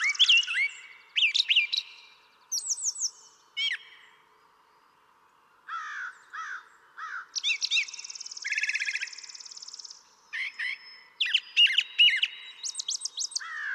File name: Brown Thrasher